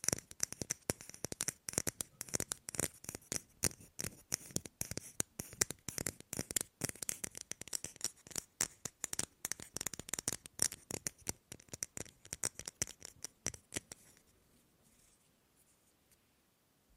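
Rapid tapping on objects, a dense run of sharp, bright clicks that come quickly and unevenly, some louder than others. The taps continue at a fast pace for about fourteen seconds, then stop abruptly, leaving near silence with only a faint low hum.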